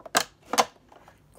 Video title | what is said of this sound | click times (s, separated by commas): Video #28: Try It Tuesday ~ Sparkle as Smooth as Velvet | the big shot fold away machine clicks into place | 0.2 s